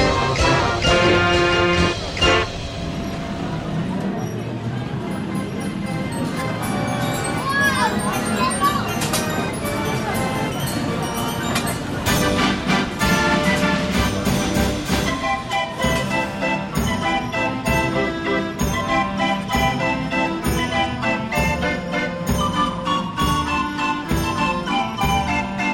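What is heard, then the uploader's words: Fairground sounds: loud, dense ride music plays without pause, gaining a brisk, regular thumping beat after the first fifteen seconds. Fairground Sounds.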